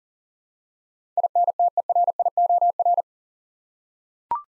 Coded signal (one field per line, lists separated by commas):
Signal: Morse code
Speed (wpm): 37 wpm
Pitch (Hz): 700 Hz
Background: none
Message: INTERIOR